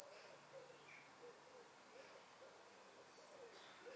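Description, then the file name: European robin giving a high, thin, slightly descending whistled note, one at the start and another about three seconds later; faint background noise. "Erithacus rubecula"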